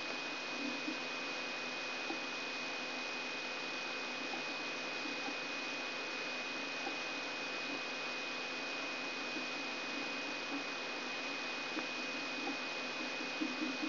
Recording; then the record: brain microelectrode recording played as sound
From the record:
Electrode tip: outside the subthalamic nucleus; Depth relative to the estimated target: -8 mm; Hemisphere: left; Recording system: AlphaMap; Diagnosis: Parkinson's disease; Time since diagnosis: 24 years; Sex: male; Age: 67 years